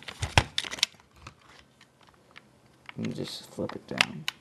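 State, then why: Not seated. The takedown lever of an S&R Industries Series 1900 airsoft pistol is handled at the pistol frame, about to be flipped down into its locked position. Sharp handling ticks and rattles come in the first second, then softer rustling, while someone talks. Nothing has seated or clicked yet.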